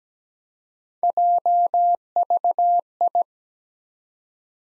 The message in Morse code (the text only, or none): JVI